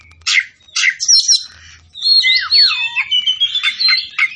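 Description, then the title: Oriental magpie-robin giving harsh scratchy notes followed by a run of sliding, looping whistles and rich warbled phrases, with faint low hum. Variety from Tretes; singing vigorously, described as gacor. "Kacer Tretes Gacor"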